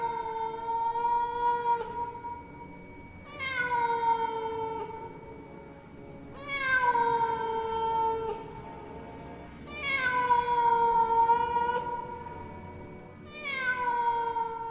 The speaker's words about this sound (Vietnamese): Nó kêu lên những tiếng vô cùng thảm thiết, tiếng mèo kêu nghe ghê rợn hết cả người, truyền khắp trong tai của tất cả mọi người.